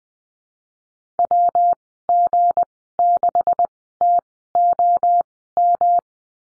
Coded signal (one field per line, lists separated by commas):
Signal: Morse code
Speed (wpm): 20 wpm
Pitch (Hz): 700 Hz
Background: none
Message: WG6TOM